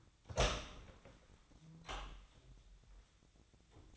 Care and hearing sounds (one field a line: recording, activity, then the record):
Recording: daily activity, microphone in the room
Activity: open door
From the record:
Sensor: 3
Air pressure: 1009.2 hPa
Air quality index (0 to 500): 192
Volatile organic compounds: 4 ppm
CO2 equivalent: 1548 ppm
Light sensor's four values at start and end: 49/129/56/57 and 50/130/56/57